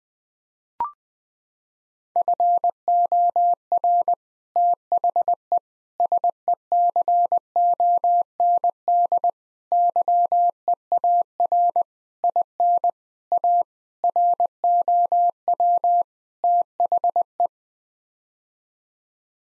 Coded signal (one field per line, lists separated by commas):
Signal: Morse code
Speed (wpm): 20 wpm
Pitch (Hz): 700 Hz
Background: none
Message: FOR THE SECOND YEAR IN A ROW THE